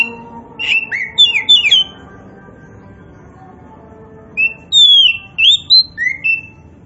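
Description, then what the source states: Oriental magpie-robin song in two bursts of clear, bending whistles and short slurred notes, split by a silent gap of over two seconds. Kacer poci, a form of Oriental magpie-robin, described as gacor, meaning singing vigorously and often.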